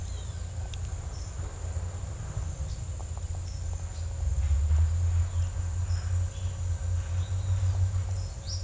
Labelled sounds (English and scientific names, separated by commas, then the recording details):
Yellow-olive Flatbill (Tolmomyias sulphurescens)
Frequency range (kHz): Yellow-olive Flatbill (Tolmomyias sulphurescens) 3.4-6.4 kHz
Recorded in secondary vegetation near Puerto Asís, Putumayo, Colombia, on 16 December 2024 at 09:00
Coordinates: 0.499, -76.323
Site G010